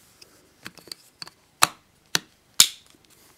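A plastic cleaning tool is lined up with the hose end of a Dyson DC25 Multi Floor Bagless Upright Vacuum Cleaner and pushed on until it latches. Light plastic taps and rattles give way to two sharp knocks around 1.6 s and 2.2 s, then the loudest crisp click at 2.6 s. The tool is seated on the hose end with that click at 2.6 s.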